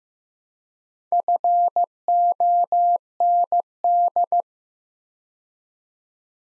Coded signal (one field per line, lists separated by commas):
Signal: Morse code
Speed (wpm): 15 wpm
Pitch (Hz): 700 Hz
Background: none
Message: FOND